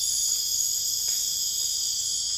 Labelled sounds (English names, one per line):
none